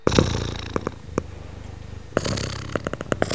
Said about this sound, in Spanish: También procesado. (Risa) ronroneo, ¿no? Y creo que tienes algún dato curioso sobre el ronroneo, ¿no?